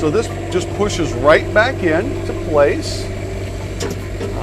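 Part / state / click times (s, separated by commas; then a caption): front cap panel latch on a motorhome front cap / seated / 3.8 s. Someone talks while the hinged front cap section of a 2023 Newmar Dutch Star 4071 motorhome, which hides the air horns to keep them out of the elements and make the coach more aerodynamic, is pushed back into place over a steady low hum. Its latch clicks home at 3.8 s, and the panel is locked in.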